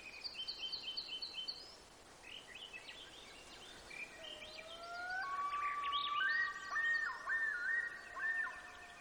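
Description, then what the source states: Birds singing: quick repeated high chirps open, then clear whistled notes, with a wavering, rising-and-falling whistle carrying through the last seconds amid other chirps. Gates of the Arctic, Alaska; 18 June 2018, 05:30.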